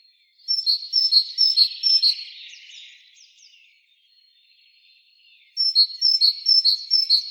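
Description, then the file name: Great tit song: ringing two-note phrases repeated about twice a second in two bursts, separated by soft chatter and a near-silent gap. "Parus major"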